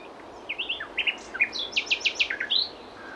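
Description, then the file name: Common nightingale song, a rich phrase of varied sweeping notes followed by a fast series of loud repeated chirps, over faint background hiss. "Luscinia megarhynchos"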